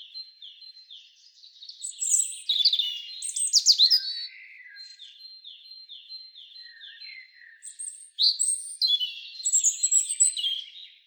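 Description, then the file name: European robin song: sweet wavering high notes, little descending whistles and rapid tinkling flourishes, phrases run together over about ten seconds. "Erithacus rubecula"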